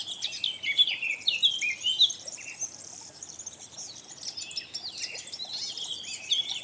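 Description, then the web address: Eurasian blackcap song: lively warbled phrase with sharp whistled notes in the first two seconds, followed by softer continuous twittering. "SETE data Sylvia atricapilla"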